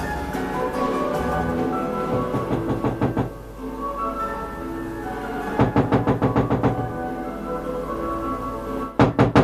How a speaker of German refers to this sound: Ja, wir klopfen schon seit 5 Minuten, mein Herr.